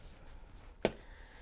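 An infant car seat is released from a stroller by pressing its grey release buttons and lifting the seat off. A single sharp latch-release click sounds at 0.9 s against quiet background noise, and the seat comes off easily.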